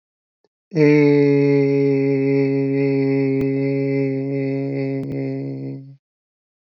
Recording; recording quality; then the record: sustained vowel as in made; excellent, no background noise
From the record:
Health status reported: exposed to COVID-19, no respiratory illness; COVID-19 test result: not tested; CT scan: not taken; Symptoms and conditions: none ticked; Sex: male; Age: 27 years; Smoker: yes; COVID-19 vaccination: both doses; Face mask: not worn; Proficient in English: yes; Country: India